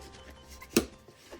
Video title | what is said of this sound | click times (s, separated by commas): Prowler ( FREE PDF ) ITS light up EVA boots BREAKDOWN | that allows this to just snap into place | 0.8 s